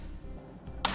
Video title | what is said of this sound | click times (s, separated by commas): etrailer - Rhino Rack Roof Rack Review - 2014 Honda Odyssey | can see they lock into place and it's not going anywhere the | 0.8 s